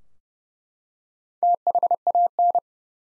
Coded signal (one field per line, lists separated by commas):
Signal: Morse code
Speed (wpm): 29 wpm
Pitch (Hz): 700 Hz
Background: none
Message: THAN